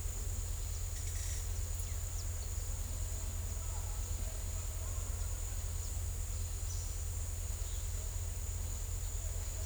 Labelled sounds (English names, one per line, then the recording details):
none
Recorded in secondary vegetation near Puerto Asís, Putumayo, Colombia, on 18 December 2024 at 13:00
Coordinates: 0.468, -76.324
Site G095